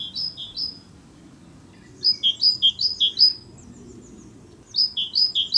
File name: canto territoriale cinciallegra parus major great tit carbonero comun